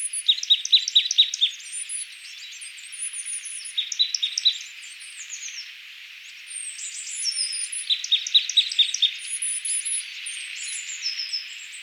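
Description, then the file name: Marsh tit giving repeated call bursts: clusters of quick, sharp chips recur roughly every four seconds, mixed with very high thin squeaks and twittering. "Poecile palustris"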